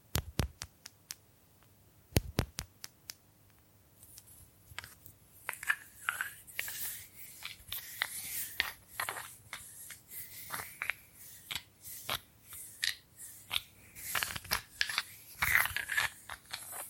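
Bamboo is tapped with crisp, sharp clicks during the first four seconds, two louder knocks landing near the two-second mark. After that come scratching and brushing strokes, rough, bright and uneven, in quick irregular bursts that run to the end.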